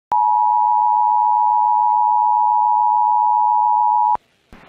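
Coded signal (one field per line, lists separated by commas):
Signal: Emergency Alert System (SAME) tones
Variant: 853 and 960 Hz attention tone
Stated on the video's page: Hurricane warning received on NOAA Weather Radio.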